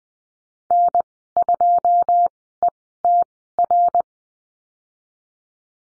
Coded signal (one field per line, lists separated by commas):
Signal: Morse code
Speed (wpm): 20 wpm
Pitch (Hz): 700 Hz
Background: none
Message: N2ETR